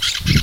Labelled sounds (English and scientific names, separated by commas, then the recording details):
Brown-throated Parakeet (Eupsittula pertinax) contact call
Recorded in Venezuela
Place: Guárico; Corozopando; Fundo La Fe
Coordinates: 8.506, -67.593